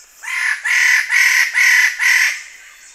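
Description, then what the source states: Wallace's standardwing calling: a run of five harsh, grating notes, evenly spaced and strongly harmonic, with a softer tail afterwards. Recorded on Halmahera; the sound is identified as song.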